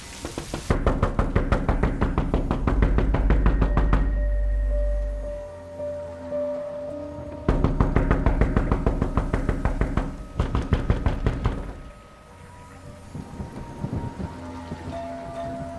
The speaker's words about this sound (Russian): Он звонит в дверь, затем стучит.